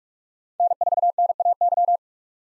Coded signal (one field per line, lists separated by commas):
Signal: Morse code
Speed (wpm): 46 wpm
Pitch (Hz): 700 Hz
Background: none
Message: N4NAY